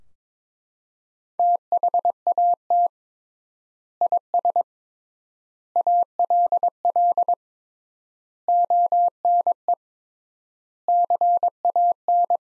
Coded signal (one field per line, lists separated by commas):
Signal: Morse code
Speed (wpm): 22 wpm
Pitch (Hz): 700 Hz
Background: none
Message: THAT IS ALL ONE CAN